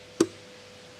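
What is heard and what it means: A two-pin UV globe is pressed down into its socket in a PondMAX PF pond filter, and it gives one short, sharp click at 0.2 s against a quiet background with a steady low hum. The click confirms the globe is properly seated and won't come loose.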